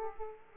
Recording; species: mosquito wingbeat signal from an infrared sensor; Aedes aegypti